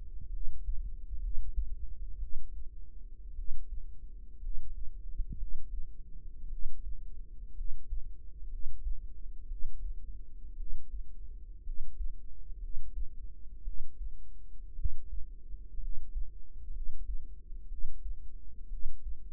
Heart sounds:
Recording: heart sounds by microphone in the right ear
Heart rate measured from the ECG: 59 bpm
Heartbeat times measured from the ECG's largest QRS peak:
0.29 s: heartbeat
1.18 s: heartbeat
2.17 s: heartbeat
3.33 s: heartbeat
4.38 s: heartbeat
5.35 s: heartbeat
6.47 s: heartbeat
7.52 s: heartbeat
8.47 s: heartbeat
9.45 s: heartbeat
10.54 s: heartbeat
11.61 s: heartbeat
12.57 s: heartbeat
13.61 s: heartbeat
14.73 s: heartbeat
15.77 s: heartbeat
16.70 s: heartbeat
17.66 s: heartbeat
18.67 s: heartbeat
From the record:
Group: healthy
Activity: rest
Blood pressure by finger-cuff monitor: 111/71 mmHg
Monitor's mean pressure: 83 mmHg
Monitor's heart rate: 58 bpm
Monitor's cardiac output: 4.9 L/min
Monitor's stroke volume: 84 mL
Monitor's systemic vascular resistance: 1250 dyn s/cm5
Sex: female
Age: 22 years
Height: 171 cm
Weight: 65.6 kg

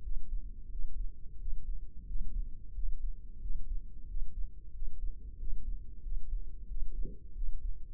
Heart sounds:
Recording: heart sounds by microphone in the left ear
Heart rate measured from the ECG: 90 bpm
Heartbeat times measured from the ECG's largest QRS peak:
0.04 s: heartbeat
0.72 s: heartbeat
1.40 s: heartbeat
2.08 s: heartbeat
2.76 s: heartbeat
3.43 s: heartbeat
4.09 s: heartbeat
4.75 s: heartbeat
5.40 s: heartbeat
6.04 s: heartbeat
6.70 s: heartbeat
7.36 s: heartbeat
From the record:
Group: healthy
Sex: male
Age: 21 years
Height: 175 cm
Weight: 72.6 kg

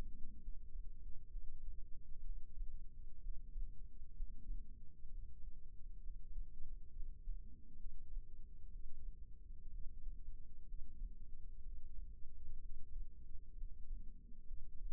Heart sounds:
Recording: heart sounds by microphone in the left ear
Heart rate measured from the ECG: 64 bpm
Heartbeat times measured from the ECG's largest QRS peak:
0.42 s: heartbeat
1.30 s: heartbeat
2.24 s: heartbeat
3.22 s: heartbeat
4.15 s: heartbeat
5.10 s: heartbeat
6.02 s: heartbeat
6.94 s: heartbeat
7.80 s: heartbeat
8.71 s: heartbeat
9.72 s: heartbeat
10.68 s: heartbeat
11.64 s: heartbeat
12.61 s: heartbeat
13.57 s: heartbeat
14.47 s: heartbeat
From the record:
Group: healthy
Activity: rest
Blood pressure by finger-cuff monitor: 84/55 mmHg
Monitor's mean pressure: 64 mmHg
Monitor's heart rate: 64 bpm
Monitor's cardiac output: 5.5 L/min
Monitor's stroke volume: 88 mL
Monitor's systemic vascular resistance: 840 dyn s/cm5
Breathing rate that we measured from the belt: 18 breaths a minute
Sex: male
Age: 22 years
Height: 181 cm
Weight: 79 kg

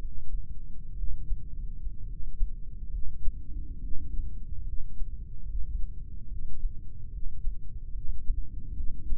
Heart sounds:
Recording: heart sounds by microphone in the left ear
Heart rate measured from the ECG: 69 bpm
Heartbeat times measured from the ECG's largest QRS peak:
0.95 s: heartbeat
2.07 s: heartbeat
2.91 s: heartbeat
3.80 s: heartbeat
4.63 s: heartbeat
5.45 s: heartbeat
6.27 s: heartbeat
7.09 s: heartbeat
7.91 s: heartbeat
8.73 s: heartbeat
From the record:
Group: heart failure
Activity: rest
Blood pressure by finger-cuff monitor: 94/62 mmHg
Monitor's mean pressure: 77 mmHg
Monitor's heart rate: 70 bpm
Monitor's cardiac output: 5.3 L/min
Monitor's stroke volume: 75 mL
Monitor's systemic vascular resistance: 1070 dyn s/cm5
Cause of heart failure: non-ischemic cardiomyopathy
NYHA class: 1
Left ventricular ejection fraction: 42%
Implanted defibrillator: present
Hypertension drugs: sacubitril-valsartan, spironolactone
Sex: female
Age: 39 years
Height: 162 cm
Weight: 67.9 kg

